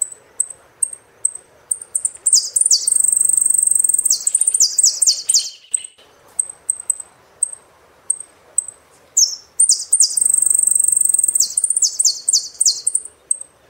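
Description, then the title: Saffron finch singing: steady high ticking chips build into two loud phrases of sliding notes and buzzy trills, separated by a pause of repeated chips. "Jilguero Argentino"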